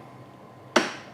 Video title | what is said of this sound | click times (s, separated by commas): How to Clean an Espresso Machine | just turns until it clicks and then the handle's put down. | 0.8 s